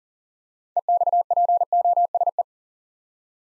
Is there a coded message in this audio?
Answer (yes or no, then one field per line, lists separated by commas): yes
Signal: Morse code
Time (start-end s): 0.8-2.4 s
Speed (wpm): 42 wpm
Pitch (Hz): 700 Hz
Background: none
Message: EXPOSE